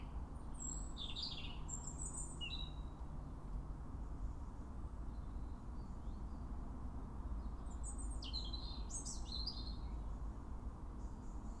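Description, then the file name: European robin singing high, varied tinkling phrases early on, then a long pause before another burst of bright twittering notes, all above a constant low-pitched hum. "Erithacus rubecula"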